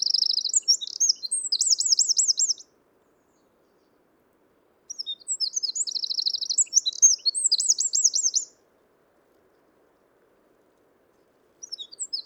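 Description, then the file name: Eurasian wren delivering energetic high trilled song phrases, each about three seconds of rapid chattering and rolling notes, separated by silent pauses, with a third phrase starting at the end. "Troglodytes troglodytes"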